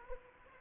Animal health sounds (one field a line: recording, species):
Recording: mosquito wingbeat signal from an infrared sensor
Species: Anopheles arabiensis